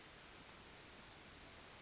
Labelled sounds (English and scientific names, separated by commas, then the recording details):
Brown Creeper (Certhia americana)
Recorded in Sonoma County, California